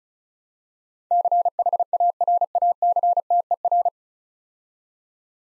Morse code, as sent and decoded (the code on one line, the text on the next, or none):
-.-. .... .- .-. .- -.-. - . .-.
CHARACTER